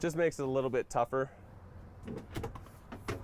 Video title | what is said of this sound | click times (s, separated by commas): 2022 Summit Longs Peak | and then it's locked into place and you're ready to travel again | 2.6 s, 2.9 s